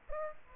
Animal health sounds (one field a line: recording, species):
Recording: mosquito wingbeat signal from an infrared sensor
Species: Aedes aegypti